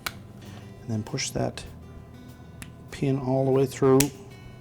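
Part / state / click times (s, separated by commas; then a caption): plastic retaining pin into dishwasher door switch / not seated / none. A plastic retaining pin is being pushed through the door switch of a Whirlpool dishwasher door switch kit while someone talks over background music. Two brief, faint ticks occur around 0.1 s and 2.6 s. The clip ends before the pin goes home, so nothing has snapped into place yet.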